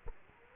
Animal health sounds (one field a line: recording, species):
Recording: mosquito wingbeat signal from an infrared sensor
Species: Culex quinquefasciatus